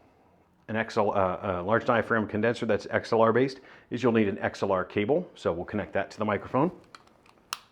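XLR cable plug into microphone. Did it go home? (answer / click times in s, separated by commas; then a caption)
yes / 7.5 s. Someone talks while an XLR cable is pushed into the base of a large diaphragm condenser microphone, with a few faint handling ticks just before. The metal connector latches with a sharp click at 7.5 s, seating the plug firmly in place.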